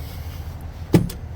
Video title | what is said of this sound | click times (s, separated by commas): 2024 Chevrolet Silverado 2500 HD Custom Crew | there we go because they lock into place so they don't bounce around on you | 0.9 s, 1.1 s